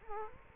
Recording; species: mosquito wingbeat signal from an infrared sensor; Culex quinquefasciatus